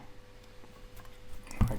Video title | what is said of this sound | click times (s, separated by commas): How to replace the USB Port on an XBOX One S - Full Start to finish guide for 2025 | so so that pops into place | 1.5 s, 1.6 s